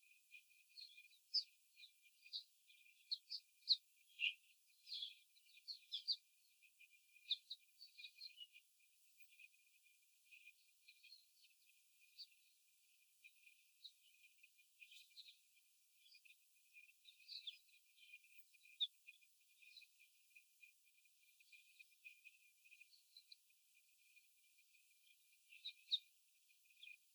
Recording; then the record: young laying hens in a cage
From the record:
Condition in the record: before the stressor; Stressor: simulated dog barking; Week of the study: 4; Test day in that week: 2